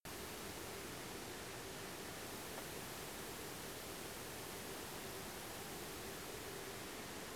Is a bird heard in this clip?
no